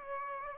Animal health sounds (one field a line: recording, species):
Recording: mosquito wingbeat signal from an infrared sensor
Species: Aedes aegypti